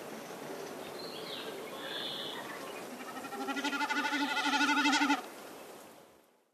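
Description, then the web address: Common snipe producing a fast, throbbing bleat that builds steadily for about two seconds and stops abruptly, preceded by faint whistled notes from another bird. "Голоса птиц Бекас"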